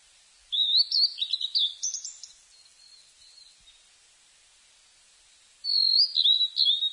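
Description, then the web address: Blue-and-white flycatcher giving a rich, varied phrase of sweet whistles, then a quiet pause, then another whistled phrase beginning. Recorded on 5 July 1997. "1997 970705 ooruri"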